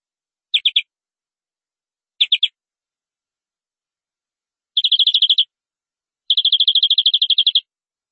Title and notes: BM Suara Kenari. BM Suara Burung Kenari